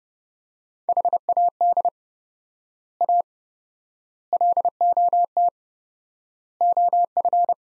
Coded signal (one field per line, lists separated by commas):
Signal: Morse code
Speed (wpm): 30 wpm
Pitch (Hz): 700 Hz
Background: none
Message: HAD A LOT OF